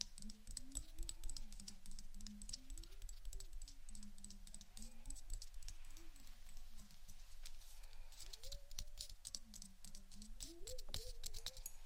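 Rapid, irregular tapping runs through the whole clip, dense crisp clicks with brighter bursts around the second and eleventh seconds. A low, wavering voice-like tone rises and falls underneath, over a steady low rumble.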